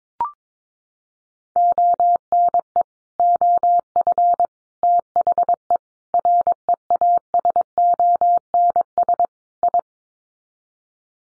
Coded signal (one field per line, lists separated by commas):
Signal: Morse code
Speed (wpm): 22 wpm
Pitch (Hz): 700 Hz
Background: none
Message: ONE OF THE REASONS I